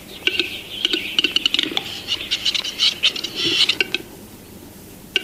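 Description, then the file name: Western Capercaillie display song: rapid dry clicks mixed with bursts of scraping, wheezy hiss over about four seconds. "Gallo cedrone (Tetrao urogallus)"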